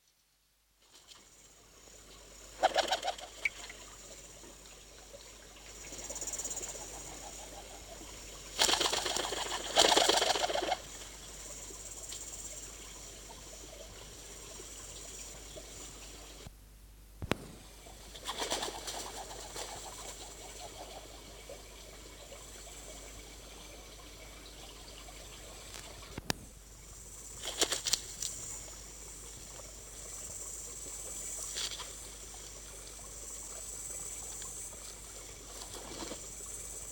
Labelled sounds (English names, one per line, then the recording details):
New Zealand Pigeon
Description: New Zealand pigeon/kererū/kūkū/kūkupa
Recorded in New Zealand